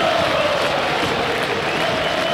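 A dense crowd at the 23 de Agosto stadium roars steadily during the Gimnasia Jujuy versus Gimnasia Mendoza football match, in added time of the first half, many voices shouting "El Lobo" and cheering together in a sustained, loud wash of noise with no pauses, a faint chant-like tone running through it.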